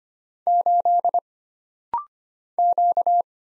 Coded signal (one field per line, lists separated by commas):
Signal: Morse code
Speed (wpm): 25 wpm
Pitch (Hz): 700 Hz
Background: none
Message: 8 Q